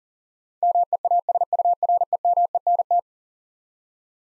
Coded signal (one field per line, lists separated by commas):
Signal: Morse code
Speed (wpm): 40 wpm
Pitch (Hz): 700 Hz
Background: none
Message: MEASUREMENT